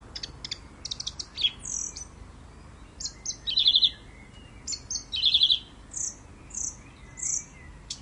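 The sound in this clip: Thrush song of high whistled notes and buzzy trilled phrases. A rattling trill comes twice, and short whistles are repeated in a loose rhythm.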